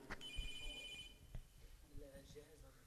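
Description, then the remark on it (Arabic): A telephone rings during a lesson at Al-Furqan Mosque in Sidon, Lebanon, with a bright, high electronic trill lasting about a second, then stops; low voices and murmuring talk continue underneath and afterward. “مين عم بدو على التلفون؟”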